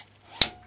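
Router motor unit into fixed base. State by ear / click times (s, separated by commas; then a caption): seated / 0.4 s. The motor unit of an AEG MF1400KE router is pushed along its groove into the fixed base, and a sharp, bright click at 0.4 s marks the spring catch mechanism engaging. A much fainter tick follows at 0.7 s, and the motor unit is seated in the base.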